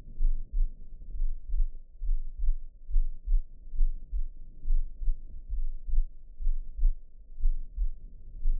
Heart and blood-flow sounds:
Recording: heart sounds by optical stethoscope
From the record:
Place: tricuspid valve (TV)

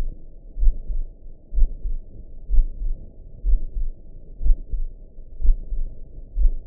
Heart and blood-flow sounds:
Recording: heart sounds by optical stethoscope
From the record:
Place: tricuspid valve (TV)

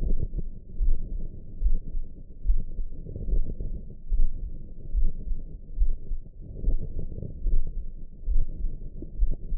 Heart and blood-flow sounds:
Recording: heart sounds by optical stethoscope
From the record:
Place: tricuspid valve (TV)

